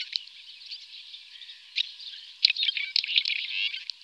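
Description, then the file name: Red-rumped swallow calling in a soft, continuous twitter that turns louder and choppier in the second half, with sharp chips among the warble. "golondrina daurica"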